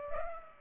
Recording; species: mosquito wingbeat signal from an infrared sensor; Culex pipiens